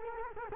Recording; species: mosquito wingbeat signal from an infrared sensor; Culex quinquefasciatus